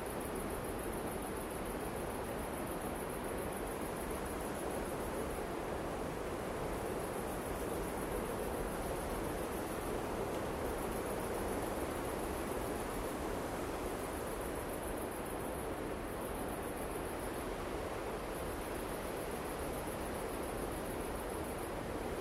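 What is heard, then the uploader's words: Waves make a dense, steady rushing wash that barely changes in loudness over the whole stretch. Above it, crickets keep up a thin, very high, rapidly pulsing trill that breaks off briefly a few times, near 5, 10, 15 and 18 seconds. This soundscape was taken on the coast in the evening with the sounds of waves and crickets at various degrees of intensity.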